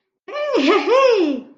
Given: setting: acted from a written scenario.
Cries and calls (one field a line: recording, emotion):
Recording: vocal sound without words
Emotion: elation